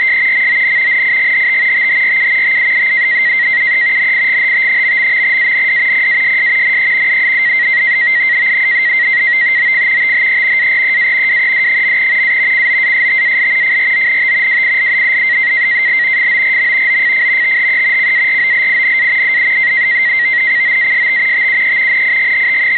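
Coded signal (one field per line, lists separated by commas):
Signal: NAVTEX (SITOR-B)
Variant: 100 baud SITOR-B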